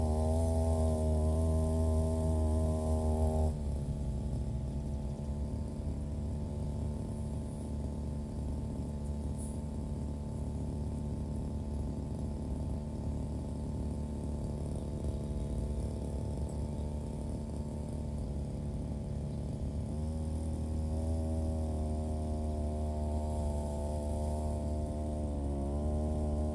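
A brush cutter's engine runs without pause while grass is cut. It starts revved high for about three seconds, settles into a lower, rougher drone with a brief tick near ten seconds, then climbs back to full revs around twenty seconds and surges again near the end.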